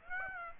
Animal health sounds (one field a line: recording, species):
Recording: mosquito wingbeat signal from an infrared sensor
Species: Aedes aegypti